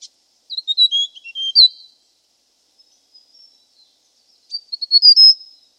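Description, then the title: Hill prinia calls: two bursts of quick, high twittering notes, a quiet gap between them. "prenjk gnung. Suara burung prenjak gunung"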